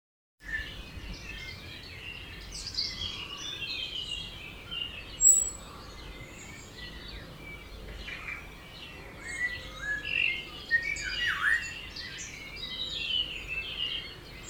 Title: Birds Oberhofen Inntal Austria - 4am - binaural version (Headphones)